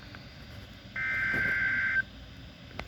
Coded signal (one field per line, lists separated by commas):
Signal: Emergency Alert System (SAME) tones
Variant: header bursts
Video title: Tornado Watch #293 expansion on WXK45 (EAS #1150)